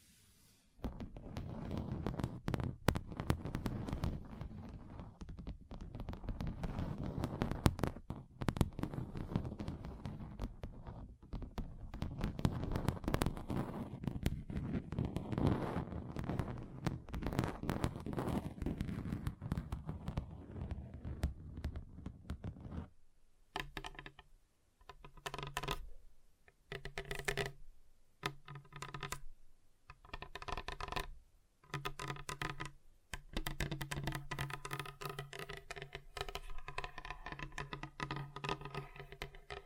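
Fingers tap on a table, first in a dense, rapid drumming of soft, low knocks for about twenty-three seconds. After that the tapping changes surface and comes in short separated bursts with gaps of silence, sounding more ringing and pitched through to the end.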